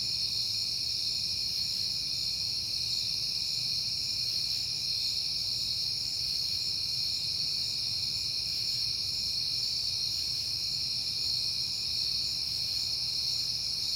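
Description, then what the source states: Steady high-pitched cricket trilling holds evenly throughout, a thick unbroken chorus with only a faint low rumble below it. Crickets on a peaceful night in September.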